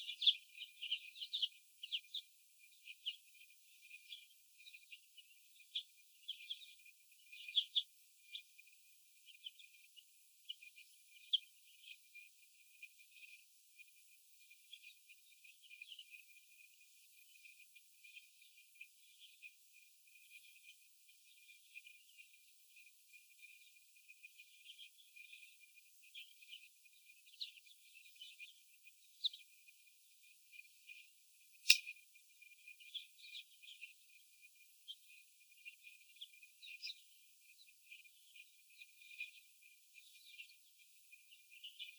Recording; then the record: young laying hens in a cage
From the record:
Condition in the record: after the stressor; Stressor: sudden umbrella opening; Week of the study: 2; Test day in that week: 1